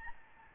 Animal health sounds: mosquito wingbeat signal from an infrared sensor; Aedes albopictus

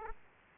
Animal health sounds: mosquito wingbeat signal from an infrared sensor; Aedes aegypti

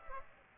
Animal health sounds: mosquito wingbeat signal from an infrared sensor; Aedes aegypti

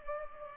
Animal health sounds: mosquito wingbeat signal from an infrared sensor; Culex pipiens

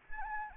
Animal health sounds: mosquito wingbeat signal from an infrared sensor; Anopheles gambiae

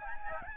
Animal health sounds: mosquito wingbeat signal from an infrared sensor; Aedes albopictus

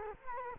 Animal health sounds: mosquito wingbeat signal from an infrared sensor; Culex quinquefasciatus

